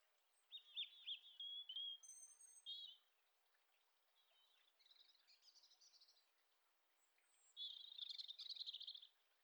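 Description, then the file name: European robin song: a string of fluty, wavering whistles, then quieter scratchy notes, followed by a loud, fast, jingling trill toward the end. "Erithacus rubecula"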